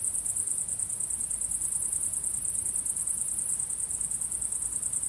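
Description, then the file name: Crickets chirp together in a rapid, high-pitched pulse that runs without a break, over a soft low hum. Recorded at sunset. "syrsor solnedgang"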